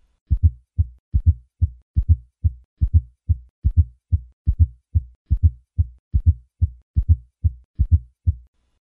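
Regular, low-pitched heartbeats at about 72 per minute, each with a soft extra sound just before the first heart sound, heard at the apex. This is a fourth heart sound (S4), an atrial gallop that reflects a stiff ventricle.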